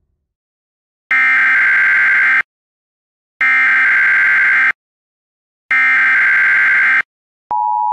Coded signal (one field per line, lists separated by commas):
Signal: Emergency Alert System (SAME) tones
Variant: header bursts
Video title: EAS Classic: Angry EAS (with original sounds)